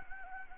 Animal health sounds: mosquito wingbeat signal from an infrared sensor; Anopheles gambiae

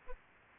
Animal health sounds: mosquito wingbeat signal from an infrared sensor; Aedes albopictus

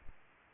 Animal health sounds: mosquito wingbeat signal from an infrared sensor; Aedes aegypti

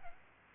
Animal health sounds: mosquito wingbeat signal from an infrared sensor; Aedes albopictus

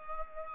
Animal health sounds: mosquito wingbeat signal from an infrared sensor; Culex pipiens

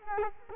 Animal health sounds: mosquito wingbeat signal from an infrared sensor; Culex quinquefasciatus

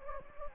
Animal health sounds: mosquito wingbeat signal from an infrared sensor; Anopheles gambiae

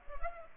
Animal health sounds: mosquito wingbeat signal from an infrared sensor; Culex pipiens

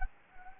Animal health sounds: mosquito wingbeat signal from an infrared sensor; Anopheles gambiae

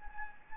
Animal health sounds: mosquito wingbeat signal from an infrared sensor; Anopheles gambiae

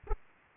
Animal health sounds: mosquito wingbeat signal from an infrared sensor; Aedes aegypti

